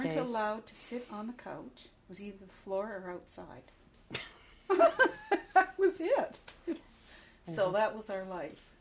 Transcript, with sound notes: You weren't allowed to sit on the couch. It was either the floor or outside. (both laugh) That was it. So that was our life.